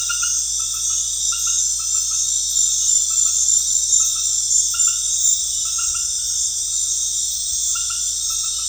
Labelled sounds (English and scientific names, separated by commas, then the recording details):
none
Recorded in pastures near Puerto Asís, Putumayo, Colombia, on 4 March 2025 at 19:00
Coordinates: 0.502, -76.324
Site GP07